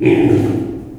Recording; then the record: squeal of a Yucatan mini pig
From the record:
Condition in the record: before surgery on the right vocal fold (resection and tissue-engineered implant); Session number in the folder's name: 1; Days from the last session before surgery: -21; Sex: female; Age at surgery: 19 weeks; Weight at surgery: 25 kg